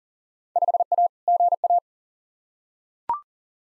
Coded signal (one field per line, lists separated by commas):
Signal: Morse code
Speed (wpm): 40 wpm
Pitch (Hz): 700 Hz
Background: none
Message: 5A GA